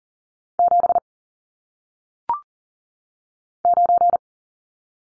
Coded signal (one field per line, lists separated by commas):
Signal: Morse code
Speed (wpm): 38 wpm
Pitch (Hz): 700 Hz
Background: none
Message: 7 9